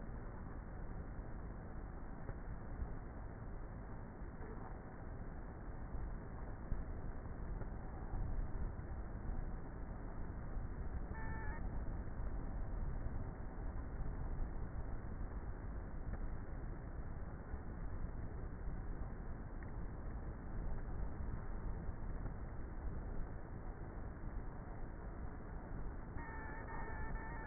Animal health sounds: honeybee colony, microphone inside the hive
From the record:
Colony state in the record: queenless with a low population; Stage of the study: before two queens were removed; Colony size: about 30,000 bees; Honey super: no

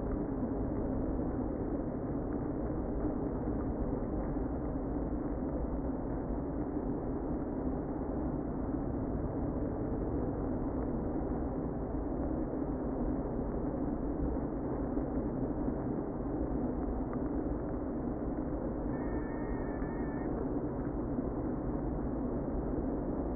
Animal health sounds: honeybee colony, microphone inside the hive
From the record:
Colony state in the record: queen present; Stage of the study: before two queens were removed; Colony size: about 60,000 bees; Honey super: yes

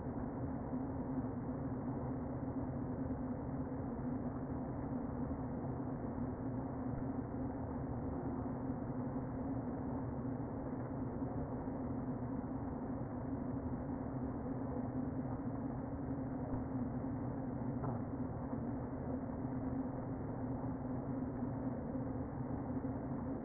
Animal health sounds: honeybee colony, microphone inside the hive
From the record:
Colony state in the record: queen present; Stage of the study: before two queens were removed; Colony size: about 60,000 bees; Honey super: yes

